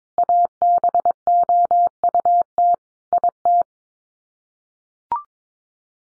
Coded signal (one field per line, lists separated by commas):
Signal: Morse code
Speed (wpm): 22 wpm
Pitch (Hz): 700 Hz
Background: none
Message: ABOUT IT